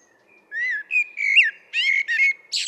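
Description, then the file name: Common blackbird song phrase: clear fluting whistles, rising and falling, ending in a squeaky twittered flourish. "Turdus merula"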